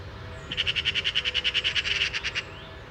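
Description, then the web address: Eurasian magpie chattering: a fast, even run of harsh rasping notes lasting about two seconds, then stopping. "SETE data Pica pica"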